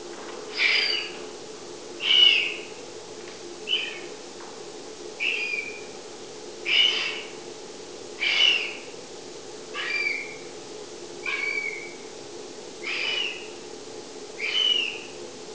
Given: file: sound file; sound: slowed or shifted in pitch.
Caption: Example of congenitally deaf CASP3 KO mouse song.